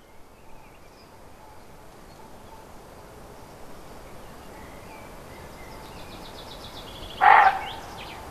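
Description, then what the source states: Roe deer utters one coarse bark near the end after quiet seconds, with bird chirps around it. Recorded 5 May 2011 on an MZ-N710 recorder.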